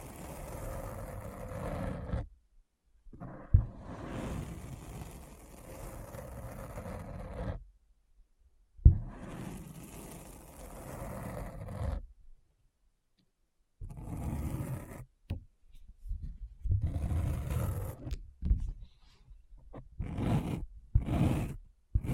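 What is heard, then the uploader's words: Deep, rough scratching arrives in low rumbling bursts broken by sudden silences, the bursts turning shorter and choppier toward the end. ASMR Deep Brain Scratch (No Talking).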